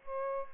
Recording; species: mosquito wingbeat signal from an infrared sensor; Aedes albopictus